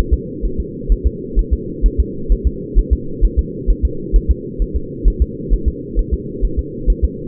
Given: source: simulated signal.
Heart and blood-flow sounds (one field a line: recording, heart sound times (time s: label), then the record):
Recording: fetal heart sounds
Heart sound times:
0.13 s: S2
0.45 s: S1
0.60 s: S2
0.92 s: S1
1.06 s: S2
1.39 s: S1
1.53 s: S2
1.86 s: S1
2.00 s: S2
2.32 s: S1
2.47 s: S2
2.79 s: S1
2.93 s: S2
3.25 s: S1
3.39 s: S2
3.70 s: S1
3.85 s: S2
4.16 s: S1
4.31 s: S2
4.62 s: S1
4.76 s: S2
5.08 s: S1
5.22 s: S2
5.53 s: S1
5.68 s: S2
5.99 s: S1
6.13 s: S2
6.45 s: S1
6.59 s: S2
6.90 s: S1
7.04 s: S2
From the record:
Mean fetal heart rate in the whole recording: 130 bpm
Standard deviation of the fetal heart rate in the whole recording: 2 bpm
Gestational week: 36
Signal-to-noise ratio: -4.3 dB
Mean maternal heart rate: 72 bpm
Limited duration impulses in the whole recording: absent